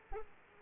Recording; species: mosquito wingbeat signal from an infrared sensor; Aedes aegypti